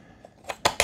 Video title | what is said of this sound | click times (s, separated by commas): Tuffenough Solar Outdoor Security Lights 2500LM 210 LED with Remote Control UNBOXING & REVIEW | When you've got this mounted on the wall, slide it in, it clicks into place. | 0.7 s, 0.8 s